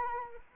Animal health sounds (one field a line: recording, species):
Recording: mosquito wingbeat signal from an infrared sensor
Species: Anopheles arabiensis